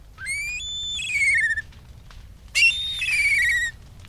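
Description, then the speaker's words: Black kite calls: two high, whistled, quavering phrases, each ending in a falling slide, separated by about a second of quiet. "raptors such as black kites stand or hover near the edge of the flames"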